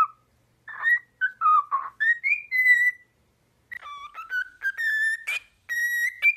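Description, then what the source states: Cockatiel whistling a tune: smooth clear notes rising and falling, a short pause, then a second phrase that climbs higher. Several cockatiels singing with whistles.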